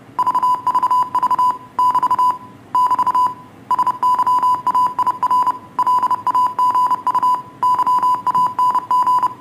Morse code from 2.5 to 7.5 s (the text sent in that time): <BT> SYAIR LAGU